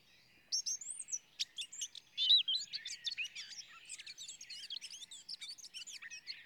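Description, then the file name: Eurasian blackcap song, a dense, quieter chattering warble of mixed whistles and scratchy notes running continuously with a faint hiss behind. "Sylvia atricapilla"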